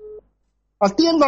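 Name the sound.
telephone call being dialed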